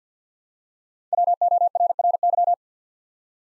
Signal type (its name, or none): Morse code